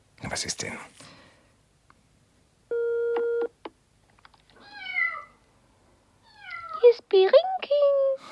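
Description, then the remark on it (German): A brief breathy rush, then a steady electronic telephone tone, followed by a cat meowing several times on the telephone, its high wavering cries rising and falling, the final meows loudest. “Katze ans Telefon.”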